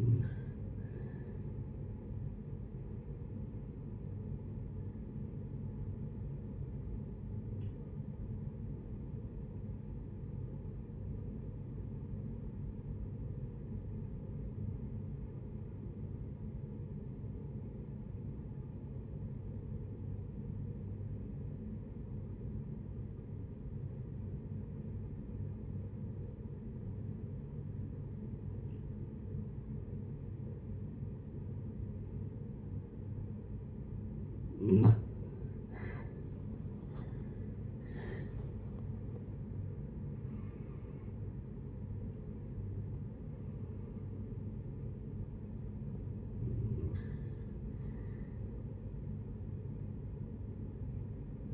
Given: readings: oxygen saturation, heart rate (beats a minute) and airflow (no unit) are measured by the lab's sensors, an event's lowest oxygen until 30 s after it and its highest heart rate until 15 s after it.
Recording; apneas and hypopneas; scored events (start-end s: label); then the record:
breathing in sleep by a smartphone at the bedside; 1
6.00-35.20 s: obstructive apnea (REM, oxygen 88% highest, then 63% lowest, heart rate 69 at the start, 85 highest)
From the record:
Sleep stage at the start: REM sleep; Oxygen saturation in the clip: 57 to 88%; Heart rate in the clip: 55 to 85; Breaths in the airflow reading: 6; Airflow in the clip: -13.4 to 15.6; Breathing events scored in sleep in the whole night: 496 in 5.4 hours asleep